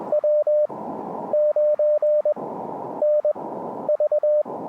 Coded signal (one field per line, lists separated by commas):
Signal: Morse code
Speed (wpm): 20 wpm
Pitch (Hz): 600 Hz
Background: radio noise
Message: W 9 N V